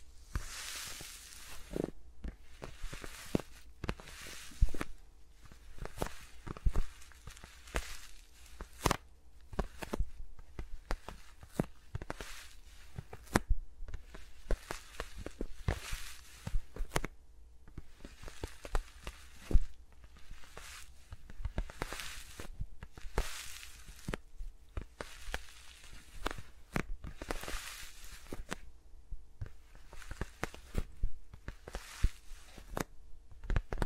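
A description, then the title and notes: Fingers rub and tap around microphones with no talking, giving dense, irregular rustles and sharp clicks, plus bursts of brighter scratching throughout. ASMR with Mics Around My Fingers (No Talking).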